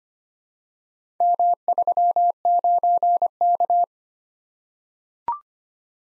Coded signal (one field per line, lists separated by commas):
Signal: Morse code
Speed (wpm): 25 wpm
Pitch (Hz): 700 Hz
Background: none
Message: M39K